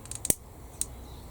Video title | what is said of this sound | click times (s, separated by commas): King Tiger Turret Basket | that nice little snap into place | 0.3 s, 0.8 s